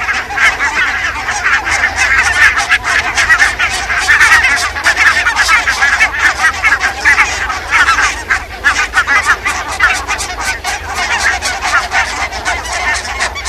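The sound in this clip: Barnacle goose flock, continuous overlapping yapping honks rising and falling in loudness, many birds calling at once.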